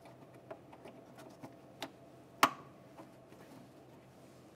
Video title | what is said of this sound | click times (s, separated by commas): How to Replace Windshield Washer Reservoir 2008-2017 Buick Enclave | listen for a click | 2.4 s